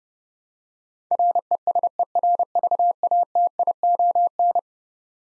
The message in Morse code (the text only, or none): RESERVATION